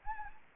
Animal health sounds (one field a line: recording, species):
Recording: mosquito wingbeat signal from an infrared sensor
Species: Anopheles gambiae